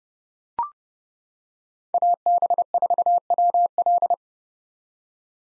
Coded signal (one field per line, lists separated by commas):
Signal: Morse code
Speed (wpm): 31 wpm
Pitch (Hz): 700 Hz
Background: none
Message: AB4WL